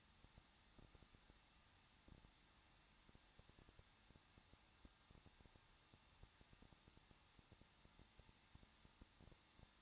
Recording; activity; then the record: daily activity, microphone in the room; no activity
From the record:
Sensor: 3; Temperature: 21.2 degrees Celsius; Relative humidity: 36.2%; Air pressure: 1006.4 hPa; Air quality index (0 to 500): 221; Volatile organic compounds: 40 ppm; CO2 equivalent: 3146 ppm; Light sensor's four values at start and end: 2/3/2/2 and 2/3/2/2